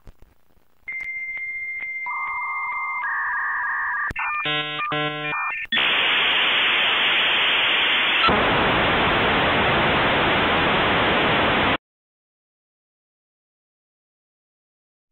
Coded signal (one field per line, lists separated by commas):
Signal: dial-up modem handshake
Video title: Sound of the dialup modem explained